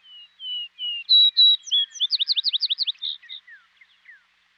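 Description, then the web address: Vesper sparrow singing: soft opening whistles, two louder clear notes, then a rapid run of slurred trilled notes that fades into a few faint chips. Western North America. "Dan Gibson Wildlife Identification By Sound, Western North America. Vesper Sparrow"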